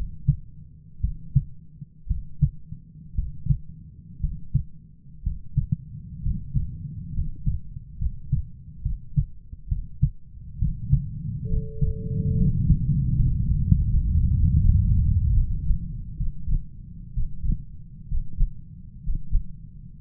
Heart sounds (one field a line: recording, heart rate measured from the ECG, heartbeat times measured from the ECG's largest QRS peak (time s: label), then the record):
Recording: heart sounds by stethoscope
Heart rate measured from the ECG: 66 bpm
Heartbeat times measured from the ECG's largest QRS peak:
1.01 s: heartbeat
2.07 s: heartbeat
3.15 s: heartbeat
4.20 s: heartbeat
5.23 s: heartbeat
6.22 s: heartbeat
7.13 s: heartbeat
7.98 s: heartbeat
8.82 s: heartbeat
9.68 s: heartbeat
10.58 s: heartbeat
11.48 s: heartbeat
12.35 s: heartbeat
13.14 s: heartbeat
13.89 s: heartbeat
14.61 s: heartbeat
15.34 s: heartbeat
16.17 s: heartbeat
17.14 s: heartbeat
18.08 s: heartbeat
19.03 s: heartbeat
19.96 s: heartbeat
From the record:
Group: healthy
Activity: rest 0-11 s, breath hold 11-20 s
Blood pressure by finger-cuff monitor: 136/82 mmHg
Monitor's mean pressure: 96 mmHg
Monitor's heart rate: 62 bpm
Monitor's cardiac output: 6.9 L/min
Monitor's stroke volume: 114 mL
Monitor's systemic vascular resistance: 990 dyn s/cm5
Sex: male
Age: 23 years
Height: 178 cm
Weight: 96.6 kg